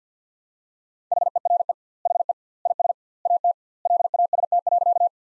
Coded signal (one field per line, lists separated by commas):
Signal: Morse code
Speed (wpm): 50 wpm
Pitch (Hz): 700 Hz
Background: none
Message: HERE HE IS AT LAST.